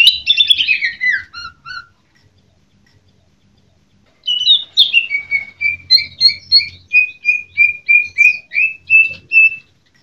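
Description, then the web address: Greater Green Leafbird song: a rich descending warble, a pause, then a long run of short whistled notes repeated about three per second, steady and clear. Female; masteran (training recording). "audio cucakijo-betina. masteran cucak-ijo"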